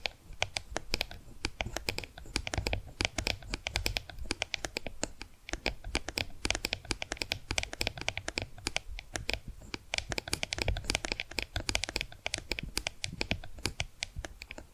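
Tapping and scratching go on without a break, dense quick clicks like fingers on a hard surface or keys, with bright sharp edges and a low knocking underneath. The pace stays busy and fairly even across the whole stretch, with brief scratchy rubs mixed in.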